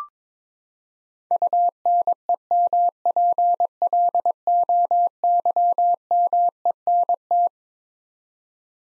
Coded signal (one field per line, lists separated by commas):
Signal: Morse code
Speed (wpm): 22 wpm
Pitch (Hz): 700 Hz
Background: none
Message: UNEMPLOYMENT